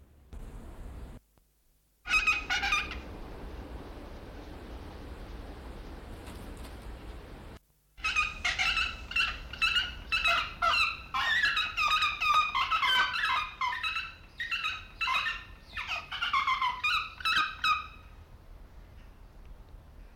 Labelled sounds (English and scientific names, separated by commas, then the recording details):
Pallas's Fish Eagle (Haliaeetus leucoryphus)
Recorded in captivity
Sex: pair
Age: adult
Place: Zoo Berlin, Berlin, DE
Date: 1992-11-07 10:21
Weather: bedeckt, 14°C
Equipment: Marantz CP 430, Sennheiser ME 80, Kopie Tesla B 116
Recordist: Tembrock, Günter
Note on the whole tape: Paar: Ruffolge (8 m)